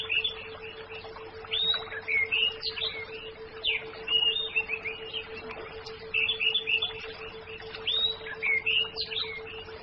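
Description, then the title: Orange-headed thrush song: varied, rich whistled phrases with quick slurred notes, delivered in bursts every couple of seconds, over a steady low hum. "Anis Merah"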